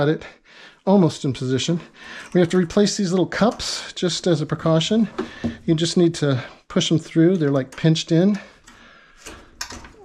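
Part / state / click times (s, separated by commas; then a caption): plastic suspension rod cup into washing machine cabinet bracket / seated / 9.6 s. A new plastic suspension rod cup, replaced as a precaution, is pushed through its hole in a washing machine cabinet's sheet-metal corner bracket while someone talks. A sharp click at 9.6 s marks the cup seating in the bracket.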